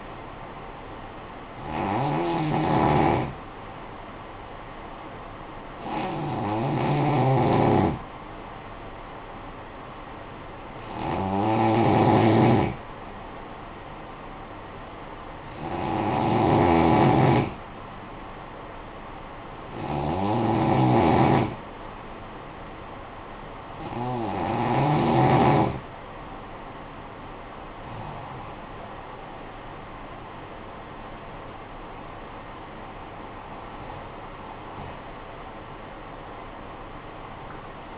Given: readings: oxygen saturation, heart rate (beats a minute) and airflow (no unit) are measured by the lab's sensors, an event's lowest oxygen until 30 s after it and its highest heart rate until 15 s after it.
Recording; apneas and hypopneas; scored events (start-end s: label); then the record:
breathing in sleep by a voice recorder at the bedside; 1
6.00-27.10 s: hypopnea (N2, oxygen 92% highest, then 92% lowest, heart rate 56 at the start, 69 highest)
From the record:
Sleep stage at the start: N2 (light sleep); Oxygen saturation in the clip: 90 to 92%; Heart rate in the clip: 53 to 69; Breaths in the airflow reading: 8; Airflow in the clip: -9.9 to 10.6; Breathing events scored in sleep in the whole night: 445 in 7.6 hours asleep